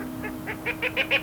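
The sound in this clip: Duck giving a quick run of nasal notes that grow louder.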